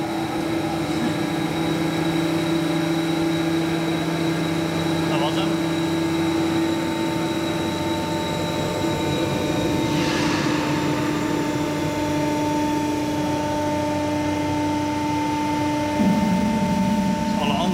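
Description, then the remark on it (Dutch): Steady electric motor drone from a bridge's eight drive motors, built from several layered tones, with new pitches joining and shifting in steps as the motors start up one after another to lower the bridge, moderately loud and continuous. “de motoren, het zijn er 8 zoals ik je al had verteld. Die moeten allemaal na elkaar opstarten”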